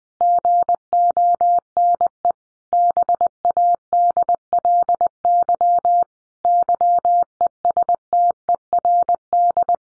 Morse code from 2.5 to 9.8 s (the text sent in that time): BADLY YESTERD